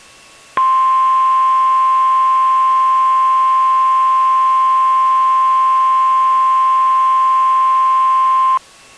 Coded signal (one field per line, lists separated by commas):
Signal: Emergency Alert System (SAME) tones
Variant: 1050 Hz attention tone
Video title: The Motown Flash Flood Event | EAS Mock #24